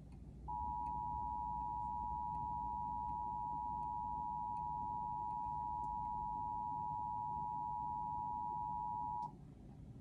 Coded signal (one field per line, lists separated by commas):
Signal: Emergency Alert System (SAME) tones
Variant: 853 and 960 Hz attention tone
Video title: EAS Required Monthly Test: From the station's perspective